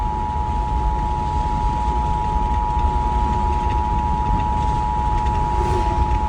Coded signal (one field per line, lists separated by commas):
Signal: Emergency Alert System (SAME) tones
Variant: 853 and 960 Hz attention tone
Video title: EAS Severe Thunderstorm Warning 7/8/25 EAS#289